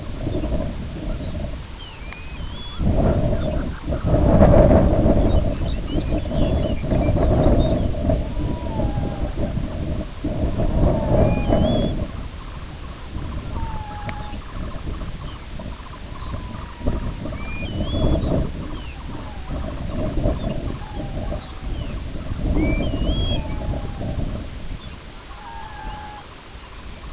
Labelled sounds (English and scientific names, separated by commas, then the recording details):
Lapland Longspur (Calcarius lapponicus), Sanderling (Calidris alba), Grey Plover (Pluvialis squatarola), unidentified sound, Red-throated Loon (Gavia stellata)
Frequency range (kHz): Lapland Longspur (Calcarius lapponicus) 2.0-4.6 kHz; Sanderling (Calidris alba) 0.2-1.9 kHz; Grey Plover (Pluvialis squatarola) 1.9-3.8 kHz; Red-throated Loon (Gavia stellata) 0.3-2.1 kHz
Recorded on Arctic tundra, site IGLO-B, on 21 June 2018
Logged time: 09:59